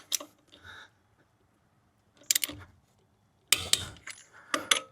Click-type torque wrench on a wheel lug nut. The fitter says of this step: And you just do it until you hear it click.